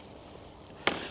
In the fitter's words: very positive nice click and then to fold it here you pull out this lever here